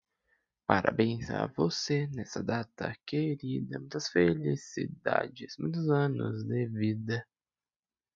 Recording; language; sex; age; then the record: short text; Brazilian Portuguese; male; 20 to 29 years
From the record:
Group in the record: control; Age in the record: 21 years